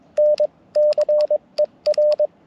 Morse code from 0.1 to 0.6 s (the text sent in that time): N